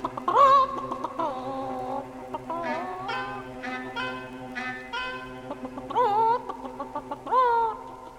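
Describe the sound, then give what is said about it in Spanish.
A rooster in a farmyard crows early in the day in a run of bright, harmonic-rich calls, some short and clucky, others drawn out, over a steady droning tone underneath with no talking. “A diario temprano se oye su voz y es porque ordena que salga el sol.”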